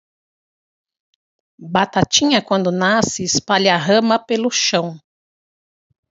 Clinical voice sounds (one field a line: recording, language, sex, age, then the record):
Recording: short text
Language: Brazilian Portuguese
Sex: female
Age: 50 to 59 years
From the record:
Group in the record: control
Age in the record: 58 years